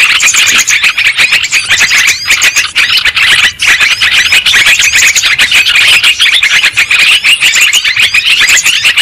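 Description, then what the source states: Lovebird chorus of sharp, high squeaks and chirps pouring out continuously, with a short lull midway. Bird-trapping lure recording of lovebirds, in Indonesian 'pikat burung'.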